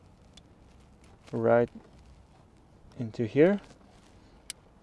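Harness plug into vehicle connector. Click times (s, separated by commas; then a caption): 4.5 s. A remote-start harness plug for a 2019–2021 Kia Seltos key-ignition remote engine starter (MyKey Premium) is pushed into the car's connector while someone talks. It seats with a sharp click at 4.5 s, fully in, which it must be or the car won't start.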